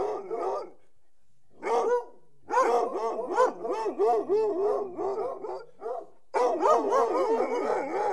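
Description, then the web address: Dog barking, rapid strings of harmonic barks in bursts separated by short silences, some barks overlapping into a continuous volley. "The BBC Sound Effects Library - Complete 60 CDs Collection Sound Effects Library-38 (Horses # 2 and Dogs)"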